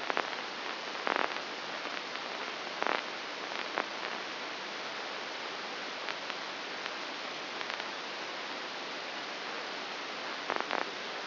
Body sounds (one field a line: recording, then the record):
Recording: brain microelectrode recording played as sound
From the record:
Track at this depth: inside the subthalamic nucleus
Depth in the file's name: 4.701 mm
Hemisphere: left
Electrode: 2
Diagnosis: Parkinson's disease